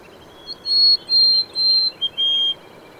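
Bird song: a series of five pure, high whistles, the first three level and evenly spaced, then a short note and a slightly lower final whistle.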